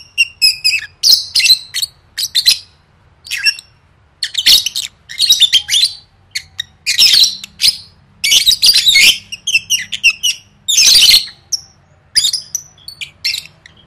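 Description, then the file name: Lovebird chatter, high, scratchy chirps and squeaky notes in irregular bursts. "tieng vet mau don"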